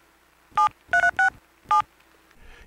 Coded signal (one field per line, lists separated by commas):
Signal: DTMF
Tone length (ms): 120 ms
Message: 7367